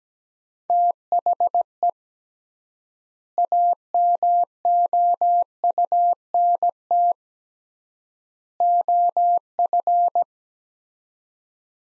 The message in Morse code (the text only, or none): THE AMOUNT OF